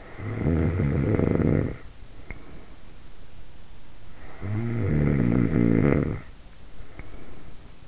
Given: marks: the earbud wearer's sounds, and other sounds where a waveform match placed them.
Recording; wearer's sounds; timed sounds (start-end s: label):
sounds in sleep by an in-ear microphone; snoring breath
0.00-2.97 s: snoring breath
4.17-7.72 s: snoring breath